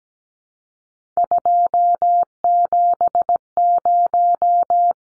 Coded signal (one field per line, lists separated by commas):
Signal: Morse code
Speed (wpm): 17 wpm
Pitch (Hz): 700 Hz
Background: none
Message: 270